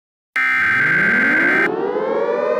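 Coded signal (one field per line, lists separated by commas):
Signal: Emergency Alert System (SAME) tones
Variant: header bursts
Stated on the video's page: Fictional EAS scenario alert about a nextbot invasion.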